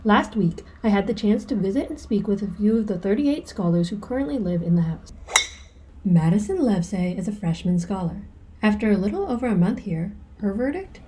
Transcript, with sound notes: LAST WEEK, I HAD THE CHANCE TO VISIT AND SPEAK WITH A FEW OF THE 38 SCHOLARS WHO CURRENTLY LIVE IN THE HOUSE. [sound effect: another golf swing] MADISON LEVSAY IS A FRESHMAN SCHOLAR. AFTER A LITTLE OVER A MONTH HERE, HER VERDICT?